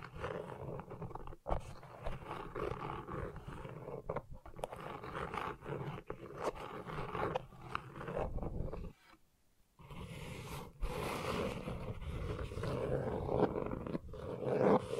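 Gentle scratching runs almost continuously, a dense, gritty rasp with a rough low rumble beneath. Brief breaks come near one and a half and fourteen seconds, with a longer near-silence just after nine seconds, and the scratching returns brighter and louder toward the end.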